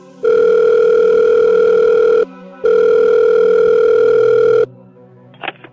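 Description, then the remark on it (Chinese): Two long, steady electronic ring tones of an outgoing phone call made late at night from an office to a mistress in late September 2011, each about two seconds with a short gap between, loud and unbroken, followed by a faint click and brief noise at the end. “就喺公司偷偷地打電話俾呢個情婦嘅。”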